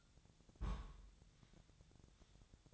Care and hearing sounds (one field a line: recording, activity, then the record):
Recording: daily activity, microphone in the room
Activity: place on stove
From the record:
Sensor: 3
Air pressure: 999.3 hPa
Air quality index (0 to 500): 197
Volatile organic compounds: 44 ppm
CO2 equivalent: 3204 ppm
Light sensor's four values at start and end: 7/17/7/7 and 7/17/7/7